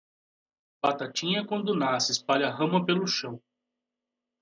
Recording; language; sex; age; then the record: short text; Brazilian Portuguese; male; 40 to 49 years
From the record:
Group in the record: control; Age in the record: 49 years